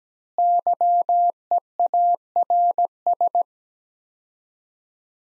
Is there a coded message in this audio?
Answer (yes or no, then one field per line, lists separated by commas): yes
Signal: Morse code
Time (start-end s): 0.4-3.4 s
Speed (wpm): 17 wpm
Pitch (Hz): 700 Hz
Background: none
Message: YEARS